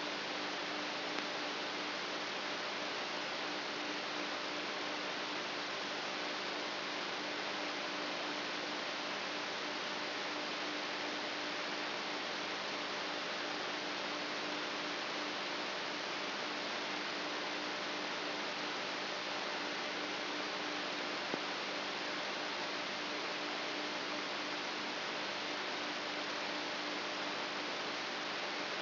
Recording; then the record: brain microelectrode recording played as sound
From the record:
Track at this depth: inside the subthalamic nucleus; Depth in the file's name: 6.216 mm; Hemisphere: left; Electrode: 3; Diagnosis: Parkinson's disease